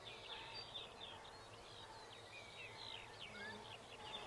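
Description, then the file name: Robin song: faint, varied warbling phrases of quick slurred notes, rising and falling, nearly continuous against a steady background hiss. "birdsong robin"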